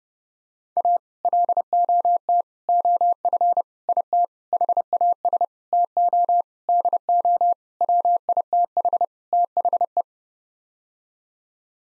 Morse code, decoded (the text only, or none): A LOT OF IT HAS TO DO WITH THE